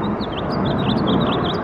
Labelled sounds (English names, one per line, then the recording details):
House Finch song
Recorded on Long Island, New York, on 6 June 2011
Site FL
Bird A